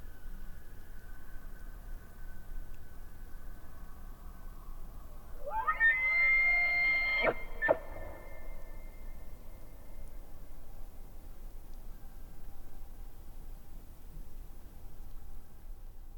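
Elk bugle: a rising call climbing into a sustained piercing whistle, ending with a couple of abrupt coughing grunts, then quiet low background hiss.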